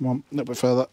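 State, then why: Not seated. A plastic connector part is being pushed further into its housing on the battery management wiring of a Bmpro BM35, during a chaser solar panel install in a Franklin CX22. Over this short handling, someone talks in bursts. Nothing has seated or clicked yet.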